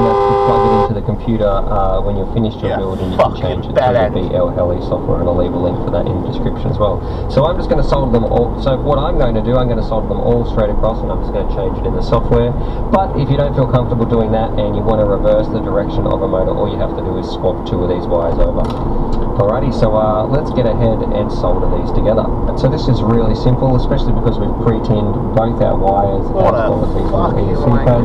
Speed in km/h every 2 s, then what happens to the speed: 16, 27, 39, 44, 45, 47, 50, 53, 56, 56, 56, 58, 58, 56.
0-16 speeds up to 56. 16-28 steady at about 56.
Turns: 0-5.